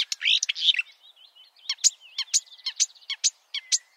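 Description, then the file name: Marsh warbler song, a short burst of harsh scratchy notes, then quiet warbling and a string of sharp high ticks. "suara-kicauan-burung-marsh-warbler -omkicau"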